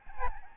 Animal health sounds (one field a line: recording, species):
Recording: mosquito wingbeat signal from an infrared sensor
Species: Aedes albopictus